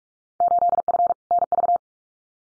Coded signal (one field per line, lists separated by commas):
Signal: Morse code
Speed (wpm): 44 wpm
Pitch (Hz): 700 Hz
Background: none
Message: 8F NV